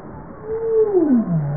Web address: bowhead